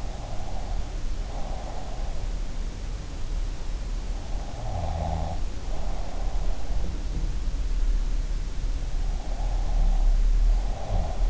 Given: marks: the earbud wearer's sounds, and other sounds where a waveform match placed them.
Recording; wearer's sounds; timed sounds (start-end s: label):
sounds in sleep by an in-ear microphone; breath, snoring breath
0.00-2.14 s: breath
4.49-6.34 s: snoring breath
9.40-11.30 s: breath